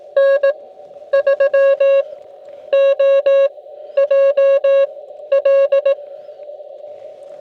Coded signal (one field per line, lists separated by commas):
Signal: Morse code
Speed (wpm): 18 wpm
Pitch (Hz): 550 Hz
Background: none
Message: N3OJL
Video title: Overall Performance $8.00 Inverted V HF Antenna